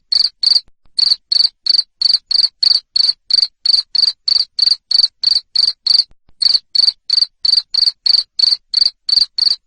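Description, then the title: Cricket producing loud, shrill chirps repeated roughly three times a second, with two short pauses in the run. Loud cricket chirping used to make lovebirds keep singing (ngekek). "Suara JANGKRIK NGERIK Keras Bikin LOVEBIRD Jadi NGEKEK Terus"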